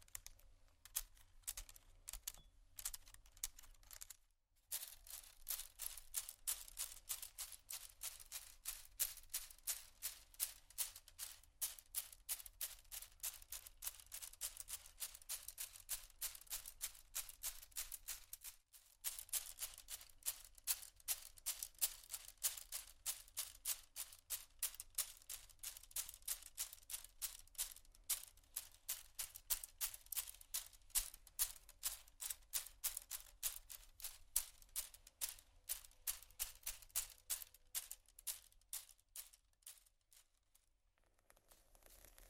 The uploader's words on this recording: Tapping, water, scratching, glass, bamboo.